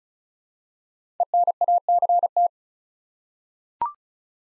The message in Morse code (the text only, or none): ENACT